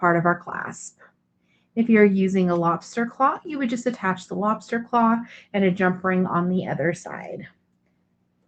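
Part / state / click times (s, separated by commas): metal jump ring closing onto a bracelet clasp / not seated / none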